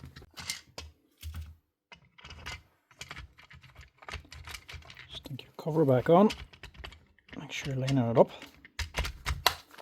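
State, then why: Seated. After the motor brushes are placed, someone talks while lining up the plastic brush cover on a Makita BHP452 cordless drill and pressing it onto the motor housing, with small handling taps and knocks along the way. One sharp loud hit at 9.5 s marks the cover clicking into place, and it is seated.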